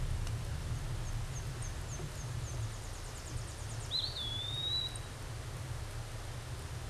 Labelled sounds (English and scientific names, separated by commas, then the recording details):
Eastern Wood-Pewee (Contopus virens) song
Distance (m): 10 m
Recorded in a Pennsylvania forest on 17 May 2023 at 14:07
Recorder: AudioMoth, point grid1_19_low
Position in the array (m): 95 m, 208 m